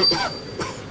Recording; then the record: coughing mixed with background sound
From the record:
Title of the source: Dry Coughing Fit in the Afternoon.